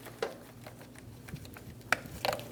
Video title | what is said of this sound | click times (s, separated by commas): How to Replace Windshield Washer Pump 2003-2026 Chevrolet Express 2500 | Push until you hear a click. If you don't, give it a pull. Make sure it's locked on. | 1.9 s